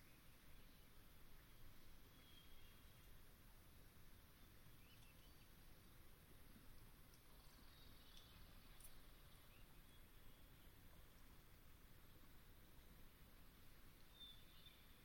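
Swamp at dusk, carried by a steady, unbroken low rumble that stays level throughout. Faint, thin bird chirps and short high calls come through now and then, clustered around the middle and once more near the end.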